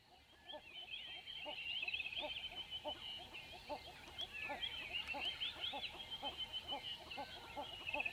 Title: Southern African dawn - diffuse birdsong with hornbills